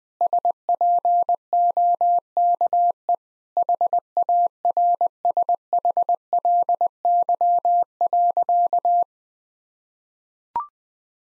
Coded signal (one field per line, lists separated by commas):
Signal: Morse code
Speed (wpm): 19 wpm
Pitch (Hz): 700 Hz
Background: none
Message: SPOKE HARSHLY.